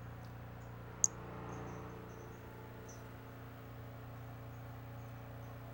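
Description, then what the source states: Brachycephalus albolineatus making thin, high, short chirps in a loose series, with one sharp click and a steady low hum in the background. Individual 11, unvouchered.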